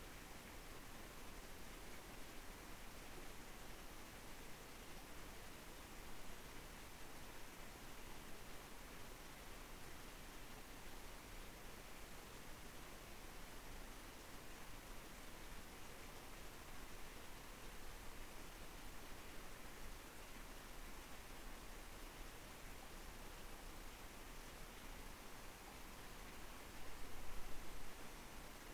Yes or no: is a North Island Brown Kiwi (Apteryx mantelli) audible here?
no